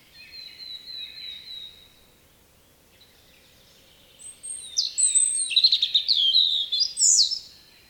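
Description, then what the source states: European robin singing: a soft, thin drawn-out whistle, a short silence, then a louder burst of high, fast tinkling and trilling notes; otherwise quiet. Recorded in spring.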